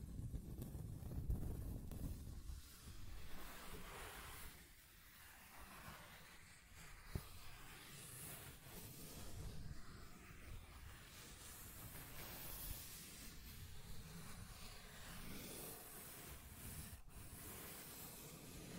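Scratching and tracing sounds form a steady, grainy rasp that runs the whole time, with a low rumble underneath that is heaviest in the first two seconds. Brighter, sharper scrapes surge briefly around eight, twelve and seventeen seconds, and a faint click sounds near seven.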